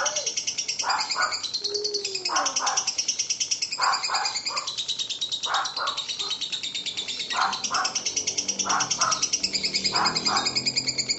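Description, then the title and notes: Lovebird in a sustained fast rattling chatter, with repeated lower chirping bursts and a brief whistled note. Lovebird ngekek song, described as very long, used as kicau pancingan, a bait song to prompt other lovebirds to sing. "Master Kicau Lovebird ngekek, kicau pancingan"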